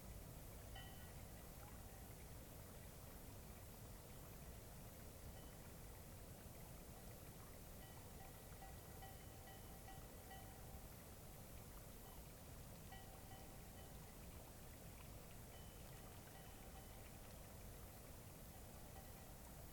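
A cloudy night beside Taylor Lake, filled with a steady, dense rushing hiss with a soft low rumble beneath it that never changes in level. Faint, thin whining tones drift in and out, strongest around the middle and later seconds.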